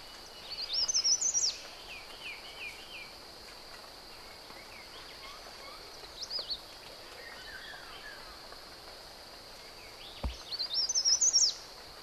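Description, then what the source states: Island leaf warbler giving short bursts of high, thin twittering notes near the start and again near the end, over a steady high insect-like hum with faint other bird notes. Papua New Guinea.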